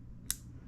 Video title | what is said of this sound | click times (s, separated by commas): [Airsoft] Understanding 1 and 2 stage Standard MWS Trigger boxes | You're going to hear one click and that's the disconnector latching on into the was it the hammer. | 0.3 s